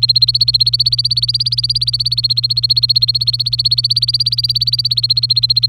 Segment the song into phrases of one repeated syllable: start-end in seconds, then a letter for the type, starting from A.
0.02-5.66 A